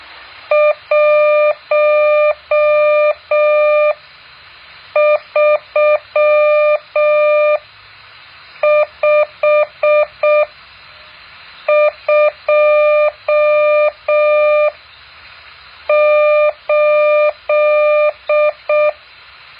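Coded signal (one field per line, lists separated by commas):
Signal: Morse code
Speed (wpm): 6 wpm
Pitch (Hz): 600 Hz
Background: none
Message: 13528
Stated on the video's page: Morse code practice exercise 8.4.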